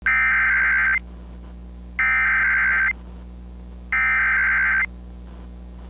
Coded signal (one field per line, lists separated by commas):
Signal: Emergency Alert System (SAME) tones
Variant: header bursts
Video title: Tornado Warning (9/14/25) [EAS #327]